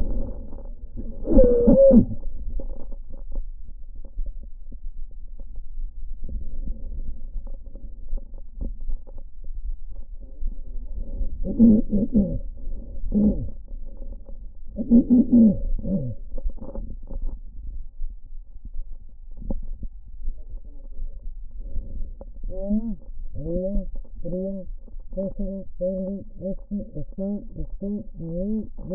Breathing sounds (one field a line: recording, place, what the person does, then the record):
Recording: lung sounds by stethoscope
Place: right posterior basal chest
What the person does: quiet breathing, then cough and speech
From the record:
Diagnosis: pulmonary infection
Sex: female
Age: 74 years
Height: 160 cm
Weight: 66 kg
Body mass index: 25.8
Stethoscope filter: diaphragm mode